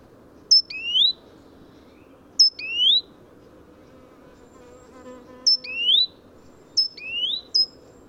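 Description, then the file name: Great tit calling, each phrase a thin high tick then a rising whistled slur, given several times, with a faint low tone in the quiet middle. "Parus major"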